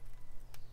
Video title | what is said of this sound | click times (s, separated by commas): Try To Finish Vintage Air FJ40 Heater, In 100 Degree Heat, Epic Melt Down, Not Proud Of This. | big house until it clicks okay | 0.5 s